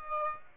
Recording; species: mosquito wingbeat signal from an infrared sensor; Aedes aegypti